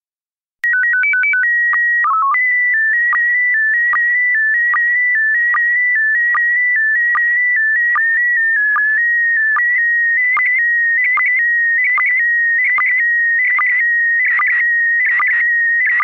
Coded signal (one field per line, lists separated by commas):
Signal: SSTV (slow-scan television)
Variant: PD 160